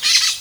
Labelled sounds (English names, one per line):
Brown-throated Parakeet contact call